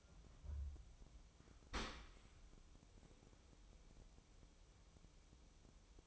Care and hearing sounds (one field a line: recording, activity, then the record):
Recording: daily activity, microphone in the room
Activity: open dishwasher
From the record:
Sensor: 1